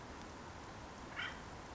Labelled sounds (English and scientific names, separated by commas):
Acorn Woodpecker (Melanerpes formicivorus)